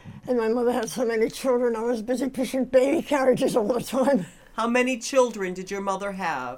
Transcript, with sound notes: And my mother had so many children. I was busy pushing baby carriages all the time. (she laughs)
How many children did your mother have?